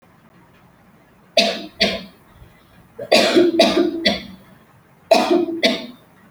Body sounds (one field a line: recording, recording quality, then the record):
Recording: heavy voluntary cough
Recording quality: excellent, no background noise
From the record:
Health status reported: healthy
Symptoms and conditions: none ticked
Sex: female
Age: 20 years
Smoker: not ticked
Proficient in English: yes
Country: India